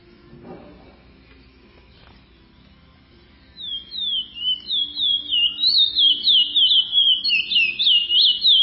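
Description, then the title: Chestnut-bellied seed finch: near silence with a brief noise at first, then a rapid whistled song begins partway through and grows louder. "Canto De Curio"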